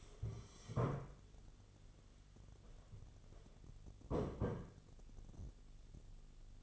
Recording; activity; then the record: daily activity, microphone in the room; stand up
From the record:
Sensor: 4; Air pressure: 1016.1 hPa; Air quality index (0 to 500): 196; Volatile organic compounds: 10 ppm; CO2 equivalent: 2235 ppm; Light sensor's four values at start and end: 9/19/8/7 and 9/19/8/7